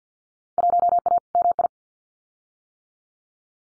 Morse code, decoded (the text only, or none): 1A MI